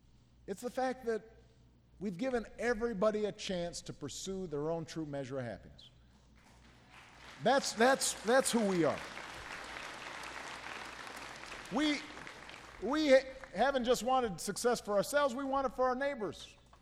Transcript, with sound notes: it’s the fact that we’ve given everybody a chance to pursue their own true measure of happiness. (Applause.) That’s who we are.
We haven’t just wanted success for ourselves; we want it for our neighbors.